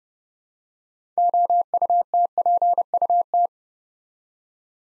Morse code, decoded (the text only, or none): OUTPUT